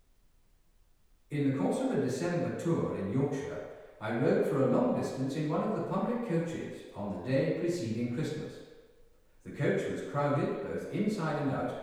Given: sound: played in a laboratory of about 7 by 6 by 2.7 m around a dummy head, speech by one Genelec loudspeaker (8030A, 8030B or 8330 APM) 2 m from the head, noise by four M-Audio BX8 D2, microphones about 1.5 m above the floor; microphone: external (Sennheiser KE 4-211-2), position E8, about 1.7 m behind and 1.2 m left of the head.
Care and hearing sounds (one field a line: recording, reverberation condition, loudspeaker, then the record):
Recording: male speech in English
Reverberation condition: high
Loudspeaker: 90 degrees to the right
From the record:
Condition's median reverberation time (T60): about 1300 ms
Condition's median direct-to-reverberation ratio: about -4.0 dB